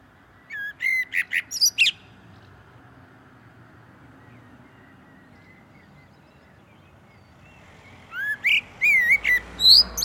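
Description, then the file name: Common blackbird, two song phrases separated by a long pause, each of low fluted whistles broken by sharp, high-pitched squeaky notes. "Turdus merula"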